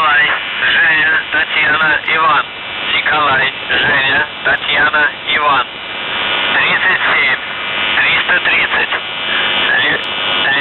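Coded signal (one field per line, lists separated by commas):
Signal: numbers station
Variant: UVB-76, Russian voice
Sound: a man's voice reading a message over hissy shortwave radio noise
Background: radio static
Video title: The Buzzer/UVB-76(4625Khz) May 25th, 2023 09:27UTC Voice message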